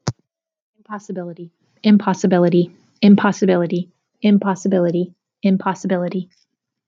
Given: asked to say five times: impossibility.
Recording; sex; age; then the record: repeated word; female; 30 to 39 years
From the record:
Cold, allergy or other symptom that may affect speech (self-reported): no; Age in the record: 36 years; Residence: Texas, United States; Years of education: 16